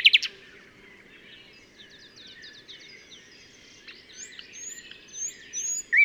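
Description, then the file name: Common nightingale calls: a sharp, loud burst opens, followed by faint rapid runs of repeated high notes and thin whistles, then another loud note at the end, over a steady low hum. "Luscinia megarhynchos"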